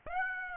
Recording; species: mosquito wingbeat signal from an infrared sensor; Aedes aegypti